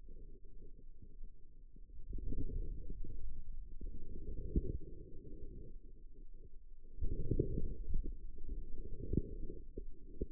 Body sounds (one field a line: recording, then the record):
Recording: forearm muscle sounds (acoustic myography)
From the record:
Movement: outward rotation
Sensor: system 2, bracelet of six BSWA MPA416 microphones around the upper forearm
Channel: 3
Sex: female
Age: 25 years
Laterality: right